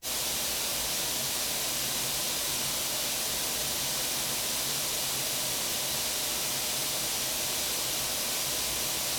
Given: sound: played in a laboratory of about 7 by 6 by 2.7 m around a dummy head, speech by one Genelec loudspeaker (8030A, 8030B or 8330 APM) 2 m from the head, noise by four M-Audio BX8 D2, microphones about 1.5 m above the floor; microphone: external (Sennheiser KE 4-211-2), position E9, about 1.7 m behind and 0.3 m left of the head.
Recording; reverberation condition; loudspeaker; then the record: white noise; medium; four, about 170 cm from the corners of the room and facing them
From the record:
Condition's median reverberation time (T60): about 510 ms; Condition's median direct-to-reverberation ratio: about -0.5 dB